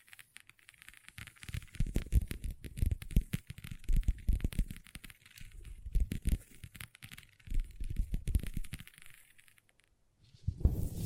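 Long fingernails tap and scratch across a tabletop in quick, uneven bursts, dense clicking clusters with short pauses around four, seven and ten seconds. The hits have soft low thumps under a faint bright scrape, with crinkly, tearing-like textures between strokes.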